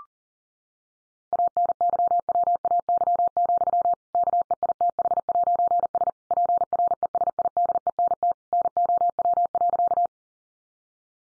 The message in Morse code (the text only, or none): ANYWAY, KEITH'S PRESIDENT NOW.